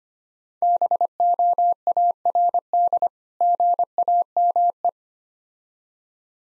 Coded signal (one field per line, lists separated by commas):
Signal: Morse code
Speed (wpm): 25 wpm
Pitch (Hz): 700 Hz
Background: none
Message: BOARD GAME